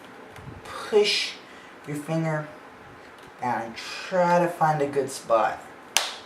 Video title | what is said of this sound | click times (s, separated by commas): How to replace laptop screen for a HP Pavilion G7 | you want to hear that clicking | 6.0 s